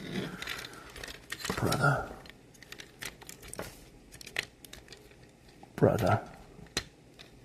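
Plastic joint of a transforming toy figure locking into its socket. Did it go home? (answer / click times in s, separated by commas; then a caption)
yes / 6.8 s. A plastic joint on a plastic Transformers tank figure is pushed into its socket during transformation while someone talks, with handling and crinkling noises throughout. A sharp click at 6.8 s marks the joint locking into place, and it is confirmed as clicked in.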